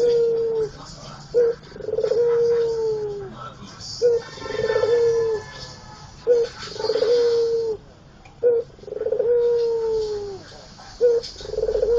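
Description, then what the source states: Barbary dove repeating its two-part coo, a short note then a long rolling one falling away, about every two and a half seconds against soft hiss. Tutor song for training songbirds; white dove.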